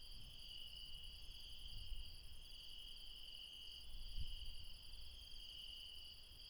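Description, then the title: Insects in a steady night chorus, several continuous high trills layered together without a break, with low rumbling now and then. Late night insects in the mountains at Refuge Krevatia, Barbala, near Dion, Greece. "Refuge Krevatia, Μπαρμπαλά, Dion 601 00, Greece - Late night mountain insects"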